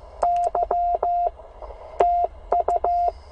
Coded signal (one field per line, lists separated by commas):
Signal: Morse code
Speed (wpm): 15 wpm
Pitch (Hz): 690 Hz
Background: none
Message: Y TU